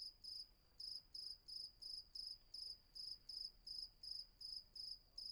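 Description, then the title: Cricket giving shrill, evenly spaced chirps about three per second, with a short pause early on, faint hiss underneath. Night ambience at Vagia on Patmos, Greece; recorded with a Fostex FR-2 and MKH800 microphone. "Patmos, Vagia, Griechenland - Nachtsimmung 03, Grillen"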